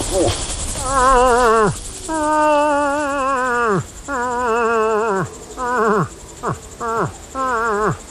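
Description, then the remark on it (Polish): A person imitates a moose near the southern border of Biebrza National Park, Poland, close to the village of Kołodziej, letting out about six loud, wavering groaning calls that sag in pitch at the end, the first ones long and drawn out, the later ones shorter and quicker. “To jak się udaje łosia, to właśnie stęka, to on się nie płoszy, no bo myśli, że się wozi.”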